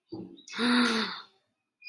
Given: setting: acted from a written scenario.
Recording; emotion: vocal sound without words; awe